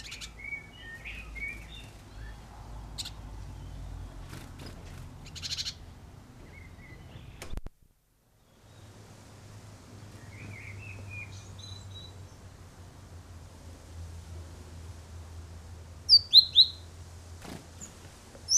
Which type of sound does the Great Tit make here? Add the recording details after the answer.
begging call. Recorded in the wild. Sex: female. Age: adult. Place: Kaiserslautern, Rheinland-Pfalz, DE. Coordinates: 49.4247, 7.77889. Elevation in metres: 279. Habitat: garden. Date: 1986-05-08. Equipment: Nagra IV, Sennheiser MKH 405. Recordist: Tretzel, Erwin